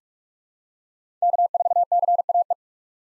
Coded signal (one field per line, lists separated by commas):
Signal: Morse code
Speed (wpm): 46 wpm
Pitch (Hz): 700 Hz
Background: none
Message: K4CAE